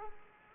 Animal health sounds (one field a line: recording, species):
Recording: mosquito wingbeat signal from an infrared sensor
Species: Culex quinquefasciatus